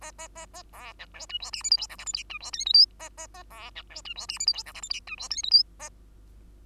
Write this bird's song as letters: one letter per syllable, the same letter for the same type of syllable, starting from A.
A A A A B C D E F G H I J K L M N E F O P Q A A A B C D E F G H I J K L M N E F O P Q A